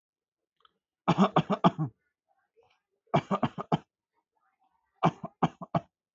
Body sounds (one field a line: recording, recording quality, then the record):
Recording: shallow voluntary cough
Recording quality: excellent, no background noise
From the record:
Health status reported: healthy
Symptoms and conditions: hypertension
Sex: male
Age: 29 years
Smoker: not ticked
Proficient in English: yes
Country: India